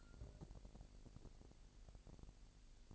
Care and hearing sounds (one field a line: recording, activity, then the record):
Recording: daily activity, microphone in the room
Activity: take from stove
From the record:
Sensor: 5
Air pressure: 1002.1 hPa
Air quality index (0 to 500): 249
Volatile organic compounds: 9 ppm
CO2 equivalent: 2162 ppm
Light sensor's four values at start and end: 21/46/20/22 and 21/45/20/22